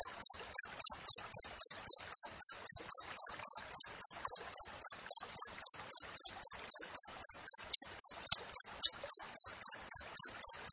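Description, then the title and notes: Cricket chirping in a steady, high-pitched series of short pulses, about four per second with brief gaps, continuing evenly throughout. Wild cricket recording with clear, closely spaced chirps, intended as master audio for training songbirds and for repelling rats. "Masteran Jangkrik Alam Jernih, Jeda Rapat Cocok Untuk Masteran Burung Dan Mengusir Tikus. suara jangkrik"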